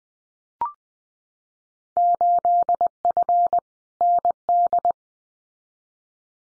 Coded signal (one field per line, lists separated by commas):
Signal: Morse code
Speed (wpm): 20 wpm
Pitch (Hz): 700 Hz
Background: none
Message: 8F ND